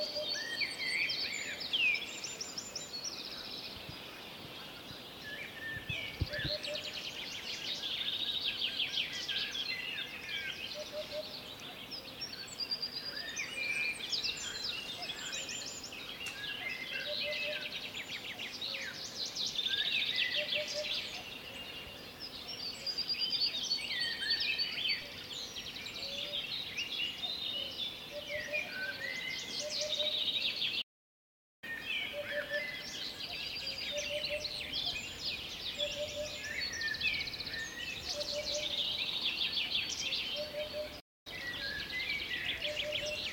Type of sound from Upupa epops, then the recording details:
song. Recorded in the wild. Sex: male. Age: adult. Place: Teerofenbrücke, Nationalpark Unteres Odertal, Brandenburg, DE. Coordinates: 53.1322, 14.3536. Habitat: wood. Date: 2021-05-15 09:02. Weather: clear, weak wind. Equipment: Sound Devices 702, Sennheiser MKH 415 T, Rhode Windschutz. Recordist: Frommolt, Karl-Heinz